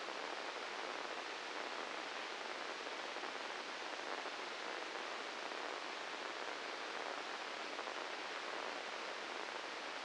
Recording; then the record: brain microelectrode recording played as sound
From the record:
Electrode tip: inside the subthalamic nucleus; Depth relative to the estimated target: -2 mm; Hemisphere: right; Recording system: NeuroSet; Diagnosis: Parkinson's disease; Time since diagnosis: 13 years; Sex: male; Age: 66 years